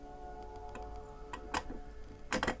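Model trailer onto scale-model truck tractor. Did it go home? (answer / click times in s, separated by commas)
no / none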